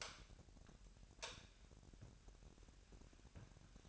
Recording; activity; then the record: daily activity, microphone in the room; light on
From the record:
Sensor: 2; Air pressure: 1011.8 hPa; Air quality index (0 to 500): 215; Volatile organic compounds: 3 ppm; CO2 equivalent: 1516 ppm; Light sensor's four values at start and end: 11/27/11/12 and 16/44/18/18